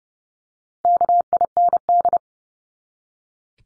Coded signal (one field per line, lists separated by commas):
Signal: Morse code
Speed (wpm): 30 wpm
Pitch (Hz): 700 Hz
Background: none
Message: KIND